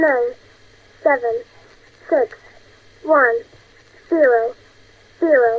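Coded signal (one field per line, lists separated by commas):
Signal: numbers station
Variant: English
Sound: a voice reading single digits, seven, nine, seven, six, one, zero, zero, evenly spaced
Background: faint steady carrier tones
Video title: Mysterious 'Numbers Stations' recordings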